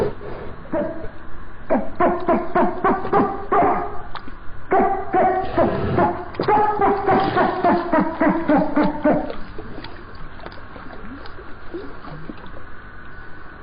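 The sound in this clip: Dolphin chattering in dense runs of harmonic squeaky bursts for about nine seconds, then fading to quiet background hiss.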